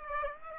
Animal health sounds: mosquito wingbeat signal from an infrared sensor; Aedes aegypti

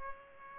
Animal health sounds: mosquito wingbeat signal from an infrared sensor; Culex pipiens

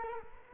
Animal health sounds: mosquito wingbeat signal from an infrared sensor; Culex quinquefasciatus

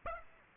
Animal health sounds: mosquito wingbeat signal from an infrared sensor; Aedes aegypti

